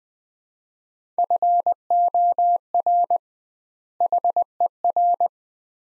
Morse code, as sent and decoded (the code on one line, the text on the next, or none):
..-. --- .-. / .... . .-.
FOR HER